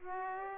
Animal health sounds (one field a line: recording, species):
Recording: mosquito wingbeat signal from an infrared sensor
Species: Aedes aegypti